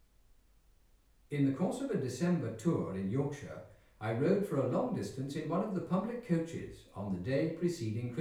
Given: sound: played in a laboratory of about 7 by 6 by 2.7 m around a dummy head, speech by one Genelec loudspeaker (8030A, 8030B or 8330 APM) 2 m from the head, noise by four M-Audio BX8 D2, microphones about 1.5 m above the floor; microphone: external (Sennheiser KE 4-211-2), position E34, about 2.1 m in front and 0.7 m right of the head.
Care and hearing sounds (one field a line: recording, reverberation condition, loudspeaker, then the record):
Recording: male speech in English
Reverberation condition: medium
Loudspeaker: behind (180 degrees)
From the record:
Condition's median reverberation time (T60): about 510 ms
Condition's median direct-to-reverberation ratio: about -0.5 dB